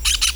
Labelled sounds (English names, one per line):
Brown-throated Parakeet contact call